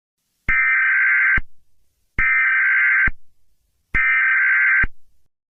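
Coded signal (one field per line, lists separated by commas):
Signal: Emergency Alert System (SAME) tones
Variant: header bursts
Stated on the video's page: Fictional Thanksgiving EAS scenario, not a real alert.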